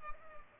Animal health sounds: mosquito wingbeat signal from an infrared sensor; Culex pipiens

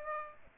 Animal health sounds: mosquito wingbeat signal from an infrared sensor; Aedes aegypti

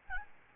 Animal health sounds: mosquito wingbeat signal from an infrared sensor; Aedes albopictus

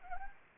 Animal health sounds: mosquito wingbeat signal from an infrared sensor; Anopheles arabiensis

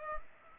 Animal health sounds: mosquito wingbeat signal from an infrared sensor; Culex pipiens

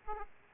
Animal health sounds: mosquito wingbeat signal from an infrared sensor; Aedes aegypti

